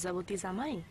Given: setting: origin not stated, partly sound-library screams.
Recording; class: one-second piece from a danger detection set; normal situation